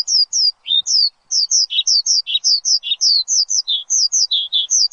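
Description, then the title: Javan bush lark song, quick high downslurred chirps mixed with lower buzzy notes. Lure for a Javan bush lark in full, lively song. "PANCINGAN Suara BURUNG Branjangan Gacor"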